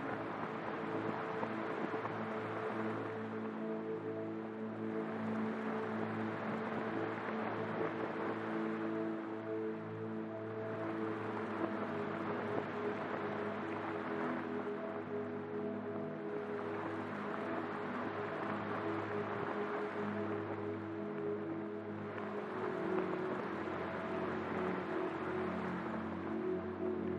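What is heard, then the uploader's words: Soft, steady rain hiss runs beneath sustained atmospheric chords that hold low, even tones throughout. The rain noise swells gently in slow waves about every five to six seconds, while the overall level stays constant for the whole stretch. Atmospheric chords underneath the peaceful sound of rain going in and out with your breathing. Peaceful Music with Rain Sounds.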